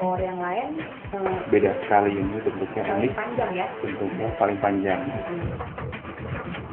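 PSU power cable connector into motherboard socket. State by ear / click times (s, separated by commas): not seated / none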